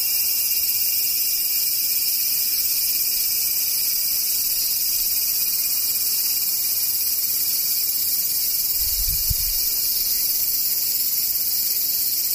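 Cicadas shrill without pause, a dense, high, hissing drone that holds the same loudness for the whole twelve seconds. Around the nine-second mark a brief low thud or rumble passes underneath, then the even buzzing carries on alone.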